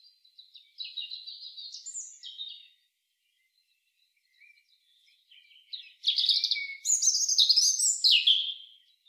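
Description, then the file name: European robin song, a wistful high warble followed after a pause by a brighter rush of sliding notes and trills. "Erithacus rubecula"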